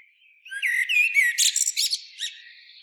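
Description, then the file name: Eurasian blackbird song: a short phrase of clear fluted notes finishing in a few high, squeaky chips. "Turdus merula"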